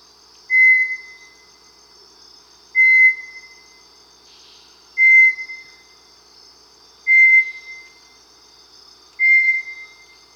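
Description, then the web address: Bartlett's tinamou calling: five pure, level whistles, each about half a second, evenly spaced roughly every two seconds, above a faint high insect hum. Amazon, Peru. "Birds of the Amazon Bartlett's Tinamou (Crypturellus bartletti), Peru"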